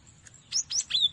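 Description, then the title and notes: Cinereous tit giving a short burst of sharp, high chirping notes, the last ones slurred and slightly descending, over a faint steady high whine. Used as masteran training audio for captive songbirds. "Masteran Gelatik Batu. burung gelatik"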